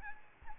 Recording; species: mosquito wingbeat signal from an infrared sensor; Aedes albopictus